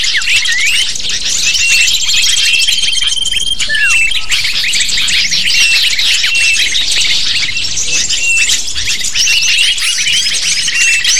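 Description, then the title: Lovebird flock calling continuously, many shrill chirps and downslurred squeaks layered together, with a thin steady tone running through the first part. Lure sound used to attract lovebirds. "PIKAT BURUNG LOVEBIRD"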